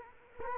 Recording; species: mosquito wingbeat signal from an infrared sensor; Culex quinquefasciatus